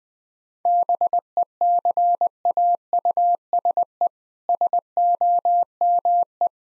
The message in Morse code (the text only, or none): BECAUSE SOME